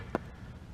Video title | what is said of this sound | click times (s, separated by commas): Phastek Skip Shift Eliminator | get lined up and a hair goes a little click alright | 0.1 s